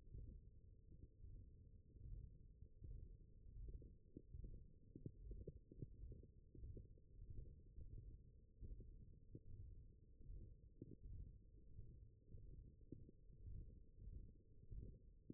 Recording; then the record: forearm muscle sounds (acoustic myography)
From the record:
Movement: ulnar deviation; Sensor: system 1, eight BSWA MPA416 microphones around the upper forearm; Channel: 5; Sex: male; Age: 21 years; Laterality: right